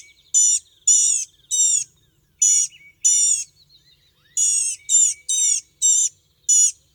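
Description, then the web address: Blue-gray gnatcatcher giving thin, nasal, buzzy notes, about ten in short bursts with uneven gaps, some paired closely together. Western North America. "Know Your Bird Sounds Common Western Species. Blue-gray Gnatcatcher"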